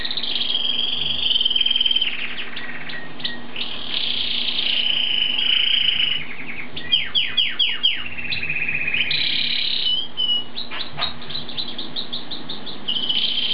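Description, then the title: A bird sings a long, varied song of trills, whistled tones and bursts of rapid sweeping notes, accompanied by a steady low hum. "burung online"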